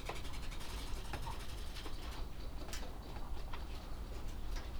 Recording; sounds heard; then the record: poultry house recording; healthy chickens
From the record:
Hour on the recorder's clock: 18